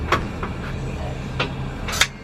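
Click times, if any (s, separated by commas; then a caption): none. A folding jump seat in a 2014 Dodge Grand Caravan SE BraunAbility wheelchair conversion van with a side-entry manual ramp is lifted and pulled up toward its floor/frame mount to give two extra seats. Knocks and clunks sound at about 0.1, 0.4, 1.4 and 2.0 s, with the loudest sharp hit at 2.0 s, over a low steady hum. The clip ends before the seat goes home, and nothing has seated or locked yet.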